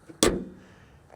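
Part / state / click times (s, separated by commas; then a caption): car front trunk lid into its latch / partly seated / 0.2 s. A 2002 Porsche Boxster's front trunk lid is let drop onto its latch, making one loud slam at 0.2 s that rings out over about half a second. The drop alone leaves the lid not fully home, and the latch still needs a push on the Porsche emblem for its last click.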